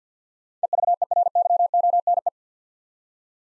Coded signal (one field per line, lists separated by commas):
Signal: Morse code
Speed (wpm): 50 wpm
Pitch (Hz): 700 Hz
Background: none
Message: EVERYONE